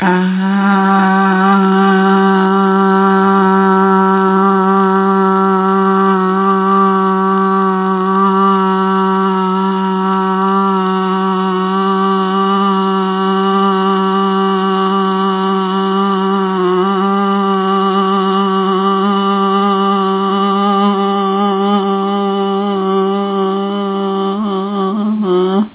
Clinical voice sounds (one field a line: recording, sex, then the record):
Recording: sustained vowel /a/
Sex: female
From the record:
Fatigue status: no fatigue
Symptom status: asymptomatic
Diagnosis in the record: COVID-19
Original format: 3gp